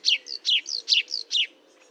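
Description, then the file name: Marsh warbler song phrase: seven quick descending chirps at high pitch, alternating two note shapes, delivered in about one and a half seconds, then quiet. Recorded at Fontaine-Française, Fourneau, France, on 1 June 2022 at 10:55, with a Nagra recorder and Telinga microphone. "Rousserolle verderolle 20220601 1055 Fontaine-Francaise-Fourneau-Nagra-Telinga"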